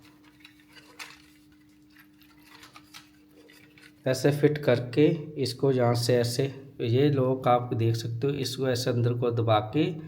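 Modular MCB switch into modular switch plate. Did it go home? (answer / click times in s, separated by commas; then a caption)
no / none. A modular MCB switch is lined up and fitted onto the lock of a modular switch plate, ready to be pressed in. The first four seconds are quiet handling with small taps around 0.5 and 3.0 seconds, and then someone talks over the rest. Nothing has seated or clicked yet.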